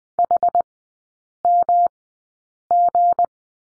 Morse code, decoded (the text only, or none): HMG